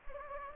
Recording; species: mosquito wingbeat signal from an infrared sensor; Anopheles gambiae